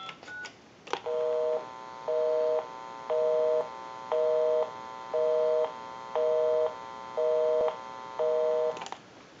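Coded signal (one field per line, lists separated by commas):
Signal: telephone call progress tone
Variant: North America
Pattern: busy tone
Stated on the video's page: Tones from an AT&T wood wall crank telephone during initial checkout and repair/conversion.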